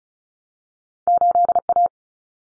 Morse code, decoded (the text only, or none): 8A